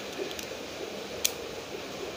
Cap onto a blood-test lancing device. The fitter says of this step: bunyi klik ya Sampai bunyi klik